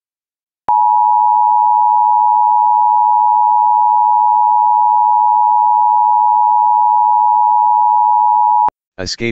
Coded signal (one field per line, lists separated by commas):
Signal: Emergency Alert System (SAME) tones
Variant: 853 and 960 Hz attention tone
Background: speech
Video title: EAS Law Enforcement Warning Near Charleston, South Carolina (Inmate Escape)